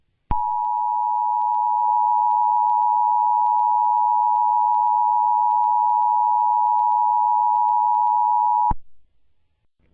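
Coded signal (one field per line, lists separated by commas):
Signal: Emergency Alert System (SAME) tones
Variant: 853 and 960 Hz attention tone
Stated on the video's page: Simulated EAS scenario, not a real broadcast, for entertainment.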